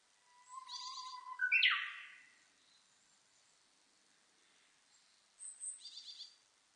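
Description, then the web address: Japanese bush warbler singing a low drawn-out whistle that ends in a quick bright burst; short high twittering notes also sound near the start and end. Recorded 16 April 2005. "2005 050416 uguisu"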